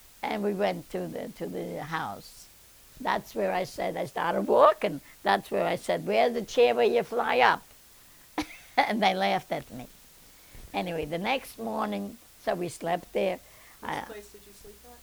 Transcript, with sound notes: and we went to the house. That's where I said, I started walking. That's where I said, "Where's the chair where you fly up?" ( she laughs ) And they laughed at me. Anyway, the next morning, so we slept there.
Whose place did you sleep